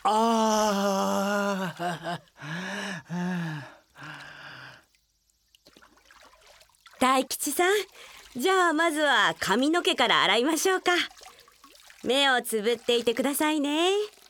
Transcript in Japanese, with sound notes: あ！
あああー。
（お風呂 湯の音） 大吉さん、じゃあまずは髪の毛から洗いましょうか。目をつぶっていて下さいね。